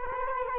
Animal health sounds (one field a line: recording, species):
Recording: mosquito wingbeat signal from an infrared sensor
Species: Culex quinquefasciatus